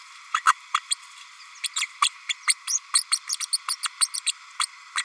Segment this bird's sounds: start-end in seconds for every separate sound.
0.34-0.42, 0.46-0.54, 0.74-0.80, 0.90-0.95, 1.63-1.68, 1.76-1.87, 2.01-2.10, 2.29-2.34, 2.47-2.54, 2.67-2.79, 2.93-3.03, 3.11-3.18, 3.29-3.36, 3.40-3.47, 3.52-3.58, 3.68-3.75, 3.82-3.87, 4.01-4.08, 4.14-4.20, 4.26-4.32, 4.59-4.68, 4.96-5.03